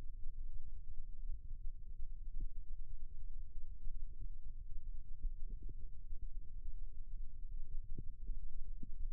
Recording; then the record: forearm muscle sounds (acoustic myography)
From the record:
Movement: rest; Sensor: system 2, bracelet of six BSWA MPA416 microphones around the upper forearm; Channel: 6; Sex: male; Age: 22 years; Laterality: right